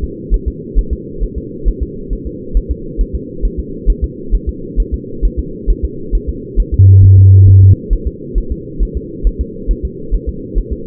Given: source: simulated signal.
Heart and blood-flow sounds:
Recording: fetal heart sounds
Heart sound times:
0.04 s: S2
0.34 s: S1
0.48 s: S2
0.78 s: S1
0.93 s: S2
1.23 s: S1
1.38 s: S2
1.68 s: S1
1.82 s: S2
2.13 s: S1
2.27 s: S2
2.57 s: S1
2.71 s: S2
3.01 s: S1
3.15 s: S2
3.45 s: S1
3.59 s: S2
3.90 s: S1
4.04 s: S2
4.34 s: S1
4.49 s: S2
4.80 s: S1
4.94 s: S2
5.25 s: S1
5.39 s: S2
5.70 s: S1
5.84 s: S2
6.15 s: S1
6.29 s: S2
6.60 s: S1
6.74 s: S2
7.04 s: S1
7.18 s: S2
7.48 s: S1
7.63 s: S2
7.93 s: S1
8.07 s: S2
8.38 s: S1
8.52 s: S2
8.83 s: S1
8.97 s: S2
9.27 s: S1
9.41 s: S2
9.71 s: S1
9.85 s: S2
10.15 s: S1
10.29 s: S2
10.58 s: S1
10.72 s: S2
From the record:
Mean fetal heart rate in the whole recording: 135 bpm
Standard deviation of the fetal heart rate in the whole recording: 3 bpm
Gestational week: 36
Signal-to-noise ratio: -4.3 dB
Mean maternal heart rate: 72 bpm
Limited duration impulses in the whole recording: present

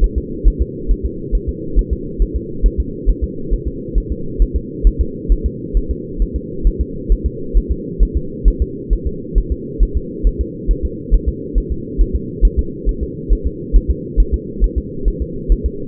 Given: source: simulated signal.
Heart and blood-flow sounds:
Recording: fetal heart sounds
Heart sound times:
0.04 s: S1
0.18 s: S2
0.47 s: S1
0.62 s: S2
0.91 s: S1
1.05 s: S2
1.35 s: S1
1.49 s: S2
1.79 s: S1
1.93 s: S2
2.22 s: S1
2.36 s: S2
2.66 s: S1
2.80 s: S2
3.10 s: S1
3.24 s: S2
3.53 s: S1
3.68 s: S2
3.98 s: S1
4.12 s: S2
4.42 s: S1
4.56 s: S2
4.87 s: S1
5.01 s: S2
5.32 s: S1
5.46 s: S2
5.77 s: S1
5.91 s: S2
6.22 s: S1
6.36 s: S2
6.67 s: S1
6.81 s: S2
7.12 s: S1
7.26 s: S2
7.57 s: S1
7.71 s: S2
8.03 s: S1
8.17 s: S2
8.48 s: S1
8.62 s: S2
8.93 s: S1
9.07 s: S2
9.38 s: S1
9.52 s: S2
9.83 s: S1
9.97 s: S2
10.27 s: S1
10.41 s: S2
10.71 s: S1
10.85 s: S2
11.14 s: S1
11.29 s: S2
11.58 s: S1
11.72 s: S2
12.01 s: S1
12.15 s: S2
12.45 s: S1
12.59 s: S2
12.89 s: S1
13.03 s: S2
13.32 s: S1
13.47 s: S2
13.76 s: S1
13.90 s: S2
14.20 s: S1
14.34 s: S2
14.64 s: S1
14.78 s: S2
15.08 s: S1
15.22 s: S2
15.52 s: S1
15.66 s: S2
From the record:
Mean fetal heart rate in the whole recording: 135 bpm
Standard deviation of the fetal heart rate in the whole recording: 3 bpm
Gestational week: 36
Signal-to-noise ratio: -4.3 dB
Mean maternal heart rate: 72 bpm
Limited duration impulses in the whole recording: absent

